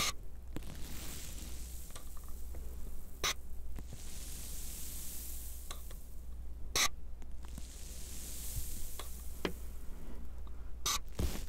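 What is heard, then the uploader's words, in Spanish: Water drips and sprinkler spray hiss steadily throughout, a dense bright sizzle that swells and eases in slow waves. Sharp drop impacts strike irregularly, with louder clicks near 3, 7 and 11 seconds, over a faint low hum. Un ASMR a base de agua. Sonidos muy relajantes de gotas cayendo, pulverizadores de agua y más.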